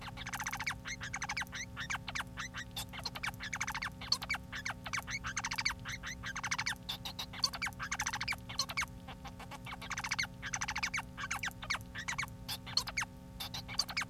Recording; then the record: song of a male Bengalese finch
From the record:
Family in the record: son of father 4